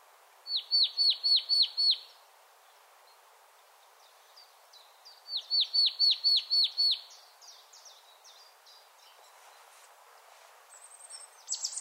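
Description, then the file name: Marsh Tit calling in two bursts of about seven hooked, downslurred notes, followed by scattered faint high chips. "Poecile palustris"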